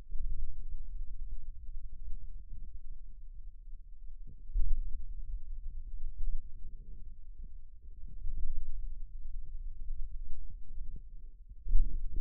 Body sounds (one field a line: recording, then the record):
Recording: forearm muscle sounds (acoustic myography)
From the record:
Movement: pen grasping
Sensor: system 2, bracelet of six BSWA MPA416 microphones around the upper forearm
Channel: 1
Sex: male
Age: 22 years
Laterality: right